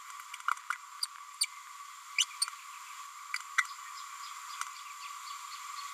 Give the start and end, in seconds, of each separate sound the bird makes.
1.02-1.06, 1.41-1.45, 2.18-2.25